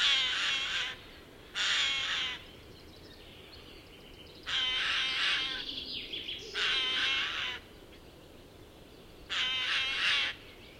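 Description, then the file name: Eurasian jay giving five rough, grating screeches at irregular intervals. "Garrulus glandarius"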